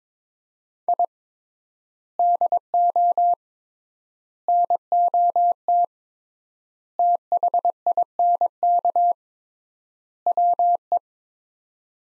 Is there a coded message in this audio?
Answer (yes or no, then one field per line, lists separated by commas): yes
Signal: Morse code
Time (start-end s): 0.9-11.0 s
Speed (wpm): 22 wpm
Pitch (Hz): 700 Hz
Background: none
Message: I DO NOT THINK WE